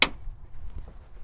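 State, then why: Seated. The socket end of a replacement gas lift support for a hatchback is pushed onto its ball stud, giving a sharp, loud snap at 0.0 s. Faint low rumble and a small tick near 0.8 s follow, and the lift support end is seated on the stud.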